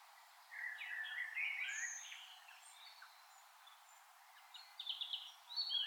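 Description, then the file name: Common blackbird song: a mellow warbled phrase of about two seconds, followed later by thin, high twittering notes toward the end. "Turdus merula"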